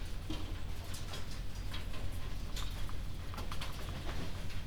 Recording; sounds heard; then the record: poultry house recording; healthy chickens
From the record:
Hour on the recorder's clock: 1